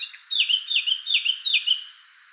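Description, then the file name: Eurasian blackcap song: a clear fluting phrase of four loud, repeated whistled notes, each dipping and rising, ending cleanly. "Sylvia atricapilla"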